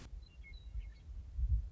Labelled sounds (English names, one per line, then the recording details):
Western Meadowlark
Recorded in Sonoma County, California